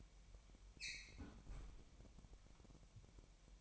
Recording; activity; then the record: daily activity, microphone in the room; close fridge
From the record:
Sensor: 1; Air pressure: 1002.0 hPa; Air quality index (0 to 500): 238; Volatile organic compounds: 44 ppm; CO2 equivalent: 3213 ppm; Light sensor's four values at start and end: 8/28/10/11 and 8/28/10/11